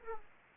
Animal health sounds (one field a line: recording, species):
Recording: mosquito wingbeat signal from an infrared sensor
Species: Aedes aegypti